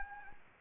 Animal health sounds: mosquito wingbeat signal from an infrared sensor; Anopheles gambiae

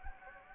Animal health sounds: mosquito wingbeat signal from an infrared sensor; Anopheles gambiae

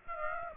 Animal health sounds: mosquito wingbeat signal from an infrared sensor; Aedes aegypti

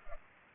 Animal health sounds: mosquito wingbeat signal from an infrared sensor; Culex pipiens

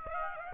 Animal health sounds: mosquito wingbeat signal from an infrared sensor; Aedes aegypti

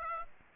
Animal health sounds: mosquito wingbeat signal from an infrared sensor; Aedes aegypti

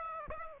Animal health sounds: mosquito wingbeat signal from an infrared sensor; Aedes aegypti

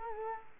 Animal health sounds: mosquito wingbeat signal from an infrared sensor; Culex quinquefasciatus

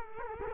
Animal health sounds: mosquito wingbeat signal from an infrared sensor; Culex quinquefasciatus

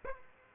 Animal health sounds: mosquito wingbeat signal from an infrared sensor; Aedes aegypti

